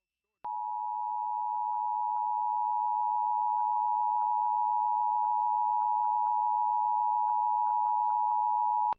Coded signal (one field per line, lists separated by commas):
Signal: Emergency Alert System (SAME) tones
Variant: 853 and 960 Hz attention tone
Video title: Santa Barbara Required Monthly Test (EAS #1223-1225) 9/6/23